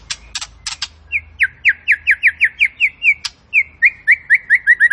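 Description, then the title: White-rumped shama giving a few harsh clicks, then a steady series of downslurred whistled notes, broken once by a click, over a faint hum. Fighter bird, quick to become agitated. "Murai Fighter Cepat Emosi. Murai Petarung Cepat Emosi"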